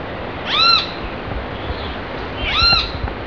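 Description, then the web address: Great kiskadee calling: two short, arched, ringing notes about two seconds apart, each rising then falling, over a steady rumbling background noise. Recorded at Mitchell Lake. "Mitchell Lake Grt Kiskadee"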